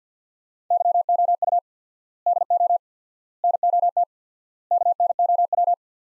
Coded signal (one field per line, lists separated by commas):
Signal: Morse code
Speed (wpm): 50 wpm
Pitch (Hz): 700 Hz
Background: none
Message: YOU DO NOT KNOW